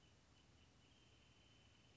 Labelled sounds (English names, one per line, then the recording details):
Wrentit
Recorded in Sonoma County, California